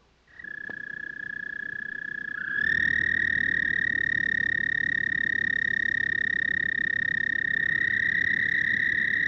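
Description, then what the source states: Toad trilling: a brief opening trill, then a long, steady, rapidly pulsed high trill that holds without a break for the rest. Toad family Bufonidae.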